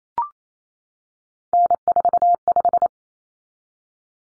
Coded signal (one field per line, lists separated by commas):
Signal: Morse code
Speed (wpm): 28 wpm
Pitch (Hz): 700 Hz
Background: none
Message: N45